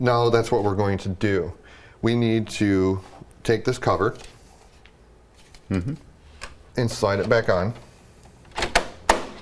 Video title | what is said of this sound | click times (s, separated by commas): Gaggia Anima: How to Replace Display Screen | pops it right in? Just pops right in. | 8.8 s, 9.1 s